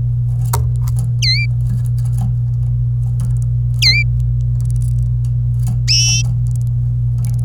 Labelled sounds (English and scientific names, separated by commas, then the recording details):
Domestic Canary (Serinus canaria) song
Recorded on 26 April 2018 at 08:27
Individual llb3